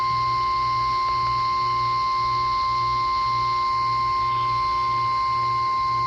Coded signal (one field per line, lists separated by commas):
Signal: Emergency Alert System (SAME) tones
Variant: 1050 Hz attention tone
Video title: Required Weekly Test (EAS #1396)